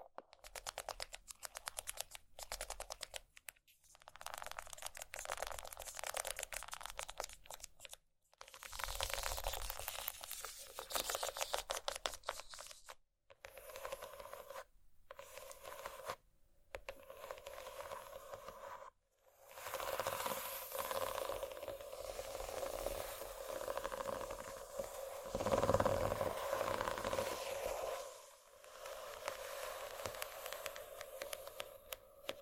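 Scratching sounds come in dense, rapid bursts of fine, bright rasping, broken by short silences near 4, 8, 14, 15, 16 and 19 seconds. After 19 seconds the scratching grows steadier and fuller, peaking around 25 seconds, with a faint low hum underneath.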